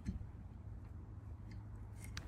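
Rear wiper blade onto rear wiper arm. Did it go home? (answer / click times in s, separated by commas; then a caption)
no / none. A rear wiper blade is handled against the rear wiper arm of a Mercedes-Benz or Mercedes-AMG, on its way to being hooked on and pushed in until its plastic clips snap. A steady low hum runs throughout, with faint handling ticks near 1.5 and 2.0 s and a sharper tick at 2.2 s. Nothing has seated or clicked into place yet.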